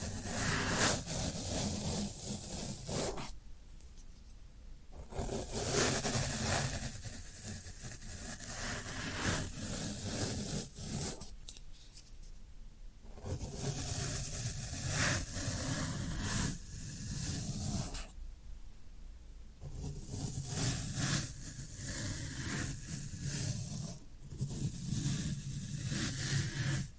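Floral foam being handled, with long stretches of dense, gritty crumbling and rubbing that alternate with brief quieter pauses around 4, 12 and 18 seconds. The texture is rough and hissy, with a steady low rumble under it and occasional sharper crackles.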